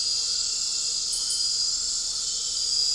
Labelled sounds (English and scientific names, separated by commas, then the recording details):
none
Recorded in dense forest near Puerto Asís, Putumayo, Colombia, on 4 March 2025 at 21:00
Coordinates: 0.467, -76.328
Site G041